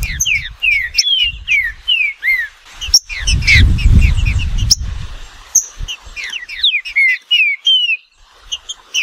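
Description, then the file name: Green-winged saltator singing rich whistled phrases of slurred rising and falling notes, briefly interrupted by a low rumbling noise and a few sharp clicks. "canto do trinca ferro"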